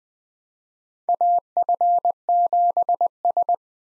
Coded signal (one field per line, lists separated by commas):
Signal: Morse code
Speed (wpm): 21 wpm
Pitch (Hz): 700 Hz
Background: none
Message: AF7S